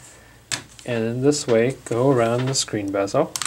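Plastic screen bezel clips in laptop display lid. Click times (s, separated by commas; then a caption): 0.5 s. Fingertips or fingernails pry the plastic screen bezel up and out from the screen side of a Dell Chromebook 11 2nd Generation laptop display lid, and a bezel retaining clip snaps free with a sharp click at 0.5 s. Someone talks throughout.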